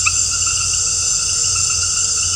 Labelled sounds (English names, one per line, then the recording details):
none
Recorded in dense forest near Puerto Asís, Putumayo, Colombia, on 4 March 2025 at 19:00
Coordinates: 0.468, -76.322
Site GP01